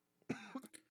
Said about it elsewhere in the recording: Fortunately, I was vaccinated. I've had all my boosters. And so for me, it was a very nasty cold. For the better part of, you know, 6-7 days. The only problem is I'm still coughing.